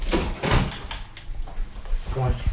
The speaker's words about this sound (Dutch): Zal ik de deur gewoon dicht doen? Ja.